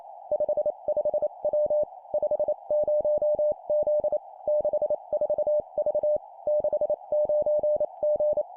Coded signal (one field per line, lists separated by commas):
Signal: Morse code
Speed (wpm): 28 wpm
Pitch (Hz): 600 Hz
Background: none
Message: 55W 50Z 64V 69G